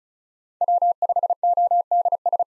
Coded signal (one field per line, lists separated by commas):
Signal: Morse code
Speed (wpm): 36 wpm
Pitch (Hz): 700 Hz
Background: none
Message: W5ODS